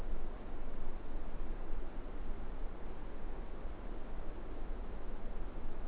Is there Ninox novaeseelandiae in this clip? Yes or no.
no